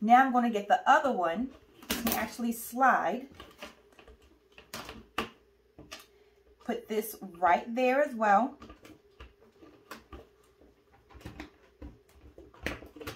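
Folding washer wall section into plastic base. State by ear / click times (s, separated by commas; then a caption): not seated / none. Someone talks while sliding the second plastic wall section of a collapsible folding washer into its plastic base, with short knocks and taps of handling between the words. Nothing has seated or clicked yet by the end of the clip.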